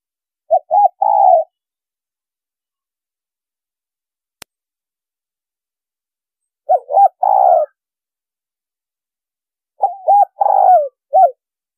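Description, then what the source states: Spotted dove giving three coo phrases of short arched notes and a longer wavering coo, with a single click in the long pause after the first. Female bird.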